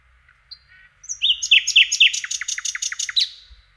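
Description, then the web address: Common nightingale song: a few soft opening notes, then a loud rapid strophe of sharp repeated notes. "Przyroda Ptaki Slowik rdzawy"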